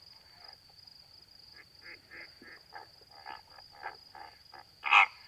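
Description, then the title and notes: Greater flamingo calls, a series of short nasal honks and gabbling notes scattered throughout, ending in one louder honk; a steady high tone runs throughout. Flock feeding calmly at night, standing in water halfway up their legs, occasionally calling; edge of Étang de Vaccarès, Camargue, France; 4 September 2020, 23:10; windless night; Nagra Seven, B&K omni microphone. "Etang de Vaccares - Camargue. Flamant rose ( Phoenicopterus ruber )"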